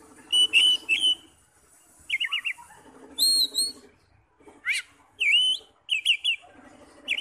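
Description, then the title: Oriental magpie-robin song of whistled phrases and chirps, alternating with a buzzy lower sound in the background. "Kacer"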